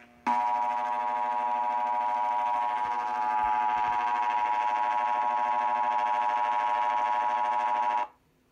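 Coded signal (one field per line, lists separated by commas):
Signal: Emergency Alert System (SAME) tones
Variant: 853 and 960 Hz attention tone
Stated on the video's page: Mock Massachusetts test scenario using valid EAS tones.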